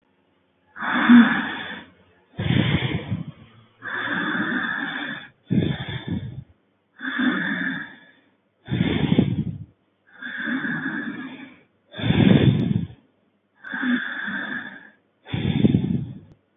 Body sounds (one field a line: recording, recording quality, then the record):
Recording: deep breathing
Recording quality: excellent, no background noise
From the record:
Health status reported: healthy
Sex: male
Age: 34 years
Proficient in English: yes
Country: India